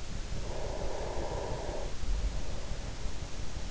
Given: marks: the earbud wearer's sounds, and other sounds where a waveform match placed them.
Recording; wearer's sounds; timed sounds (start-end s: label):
sounds in sleep by an in-ear microphone; breath
0.24-3.68 s: breath